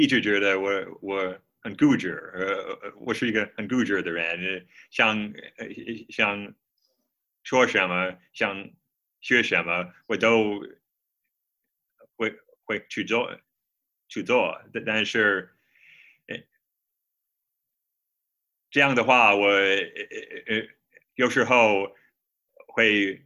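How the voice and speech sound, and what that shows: An adult man from Minnesota who stammers speaks Mandarin, his second language, in short bursts broken by long silent gaps, some over three seconds, with repeated words and syllables and drawn-out sounds. These repetitions, prolongations and blocks are typical of stuttering.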